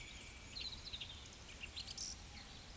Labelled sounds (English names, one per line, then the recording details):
Eurasian Woodcock whistle
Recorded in Baden-Württemberg, Germany, on 10 May 2021 at 19:18 UTC
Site 24606, 635 m above sea level